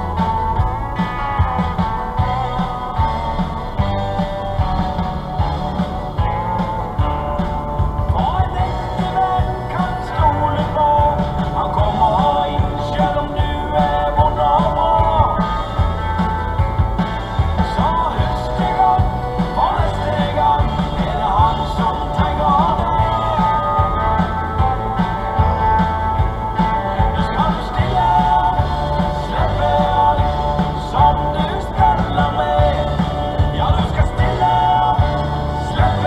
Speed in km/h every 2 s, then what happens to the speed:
28, 24, 27, 36, 42, 47, 51, 51, 52, 52, 50, 48, 47, 50, 51, 55, 58, 60.
3-13 speeds up to 51. 13-25 steady at about 50. 25-36 speeds up to 60.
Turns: 0-5.